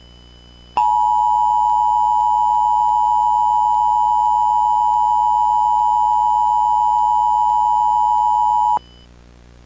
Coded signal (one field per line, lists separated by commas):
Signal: Emergency Alert System (SAME) tones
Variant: 853 and 960 Hz attention tone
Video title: My 1st EAS Video Remake: Winter Storm Warning EAS